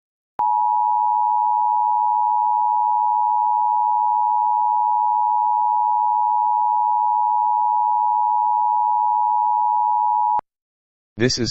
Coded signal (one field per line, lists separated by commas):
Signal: Emergency Alert System (SAME) tones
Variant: 853 and 960 Hz attention tone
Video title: EAS MOCK 51- AMBER ALERT FOR NEW JERSEY